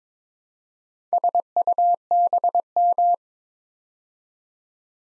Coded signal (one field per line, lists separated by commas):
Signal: Morse code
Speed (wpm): 22 wpm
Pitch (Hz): 700 Hz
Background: none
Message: SUBM